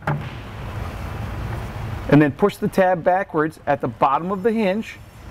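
With the wooden window-seat top set over the opening, a concealed cabinet hinge is handled onto its hinge mounting plate as the tab at the bottom of the hinge is about to be pushed backwards. A brief sharp tap at 0.1 s is followed by low, steady background rumble, and from about 2.1 s someone talks. Nothing has seated or clicked yet.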